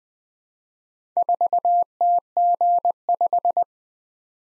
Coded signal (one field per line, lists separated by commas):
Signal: Morse code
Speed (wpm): 20 wpm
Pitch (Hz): 700 Hz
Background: none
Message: 4TG5